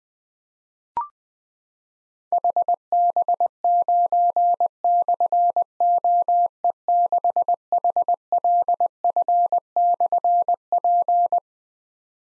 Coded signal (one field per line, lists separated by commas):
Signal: Morse code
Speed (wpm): 20 wpm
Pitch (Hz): 700 Hz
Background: none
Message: HB9/OE6HLF/P